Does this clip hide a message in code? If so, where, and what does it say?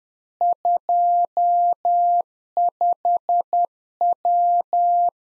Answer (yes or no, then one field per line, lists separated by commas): yes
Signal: Morse code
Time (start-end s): 0.4-5.1 s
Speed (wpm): 10 wpm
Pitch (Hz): 700 Hz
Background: none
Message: 25W